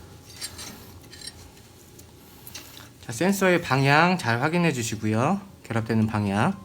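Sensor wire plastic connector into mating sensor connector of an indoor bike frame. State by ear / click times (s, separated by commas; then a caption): not seated / none. Light plastic handling noises, with small ticks around 2.0, 2.5, 2.6 and 2.8 seconds, come from someone holding the two plastic halves of a sensor wire connector and checking their orientation before joining them to the mating sensor connector of an Igojin 266R seated indoor bike frame. From about 3.1 seconds someone talks. The connector has not been pushed together and nothing has clicked yet.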